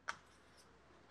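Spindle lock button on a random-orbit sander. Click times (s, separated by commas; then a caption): 0.1 s. The green spindle lock button on a Festool ROTEX 90 random-orbit sander is set on the small triangle and turned until the spindle lock engages. A single short, sharp click is heard at 0.1 s, followed by quiet low background noise. The spindle lock is confirmed seated.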